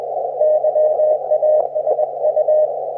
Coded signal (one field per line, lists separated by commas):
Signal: Morse code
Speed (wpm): 22 wpm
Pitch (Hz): 610 Hz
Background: none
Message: YASU